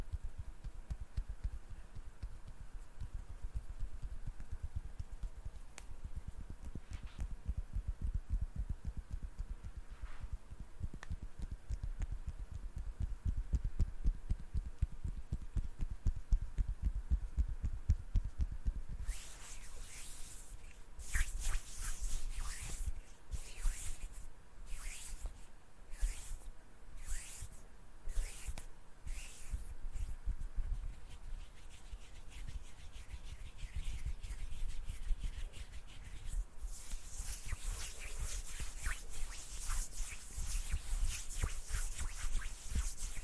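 Intense hand sounds: for the first twenty seconds, a fast, dense run of low, thumping rubs and brushes. Then bright, hissy scrapes take over, coming in short repeated bursts until about thirty seconds. A steady harsh swishing rubbing fills the last few seconds.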